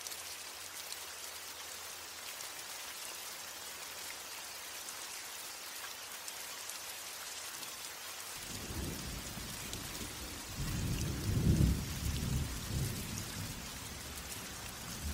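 Steady light rain hisses throughout, and from about eight seconds a low thunder rumble rolls in, swelling loudest around eleven to thirteen seconds.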